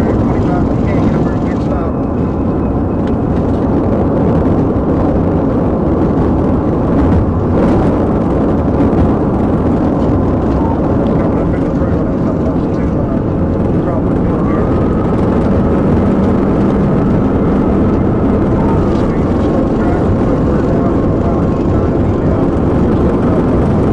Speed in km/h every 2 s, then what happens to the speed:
171, 171, 174, 177, 175, 177, 179, 185, 188, 188, 192, 190.
0-19 speeds up to 192.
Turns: none.